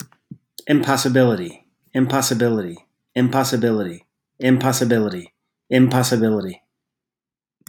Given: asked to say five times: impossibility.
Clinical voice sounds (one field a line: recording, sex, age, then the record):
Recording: repeated word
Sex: male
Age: 30 to 39 years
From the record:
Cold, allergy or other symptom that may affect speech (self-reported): no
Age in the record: 39 years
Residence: California, United States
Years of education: 17